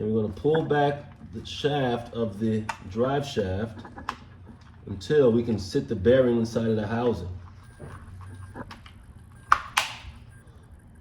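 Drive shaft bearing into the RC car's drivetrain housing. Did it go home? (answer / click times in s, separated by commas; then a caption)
yes / 9.5 s, 9.8 s. Someone talks while pulling back the drive shaft of an RC car drivetrain so its bearing can sit inside the housing. Then the drive shaft bearing is pushed into its housing and snaps into place with sharp clicks at 9.5 s and 9.8 s, seated.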